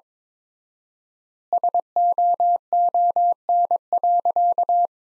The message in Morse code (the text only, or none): SOON.